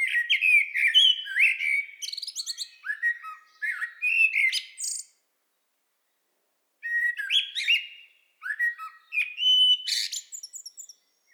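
Common blackbird delivering a long run of rich whistled notes and chattery twitters, a pause, then another varied phrase.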